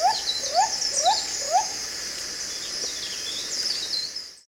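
Andaman cuckoo-dove giving four quick rising whoop notes against a constant shrill insect chorus.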